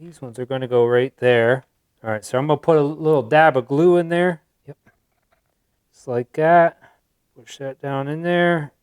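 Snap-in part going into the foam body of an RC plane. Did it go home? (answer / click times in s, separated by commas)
no / none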